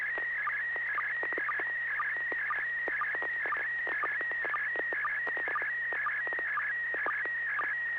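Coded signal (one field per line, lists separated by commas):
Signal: SSTV (slow-scan television)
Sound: warbling whistling tone around 2 kHz with regular short lower chirps about twice per second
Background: low hum, clicks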